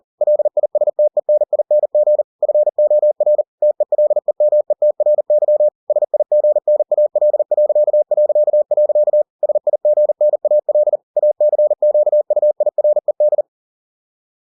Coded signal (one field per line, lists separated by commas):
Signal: Morse code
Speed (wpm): 40 wpm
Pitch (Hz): 600 Hz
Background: none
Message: LISTENING FOR TELEMETRY SIGNAL... SIGNAL ACQUIRED